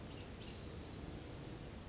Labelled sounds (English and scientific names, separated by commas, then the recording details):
Orange-crowned Warbler (Leiothlypis celata)
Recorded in Sonoma County, California